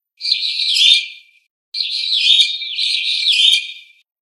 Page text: ヒヨドリの鳴き声